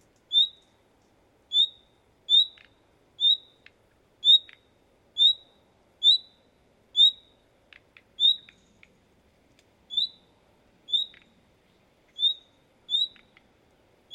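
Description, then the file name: Common nightingale calling with a long run of short rising whistles, about one per second, interspersed with faint dry ticks. "Luscinia megarhynchos"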